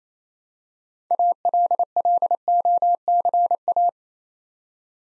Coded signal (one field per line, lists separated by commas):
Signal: Morse code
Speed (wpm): 27 wpm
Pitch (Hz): 700 Hz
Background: none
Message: ALLOCA